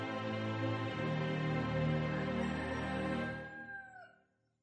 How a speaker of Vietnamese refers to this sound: Xa xa đâu đây vang lên tiếng gà gáy.